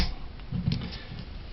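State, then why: Seated. During reassembly of a PT111 pistol, the takedown pin or lever is rotated down and pushed into the frame, with a faint tick at 0.4 s and then a sharp, short click at 0.7 s. The click shows the pin has seated in place.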